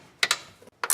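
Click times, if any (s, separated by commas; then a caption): 0.2 s, 0.8 s. A bolt or nut is driven into the shifter linkage and bushing mount, apparently with a ratchet, while installing Kartboy shifter bushings with new linkage. Sharp ratcheting clicks come at 0.2 s and 0.8 s, with a quick cluster of further ticks near the end as the threads bind. The bolt cross-threads and the threads are stripped.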